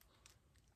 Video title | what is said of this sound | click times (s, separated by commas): How to assemble a 3x3 | just push that in until it snaps, and | 0.3 s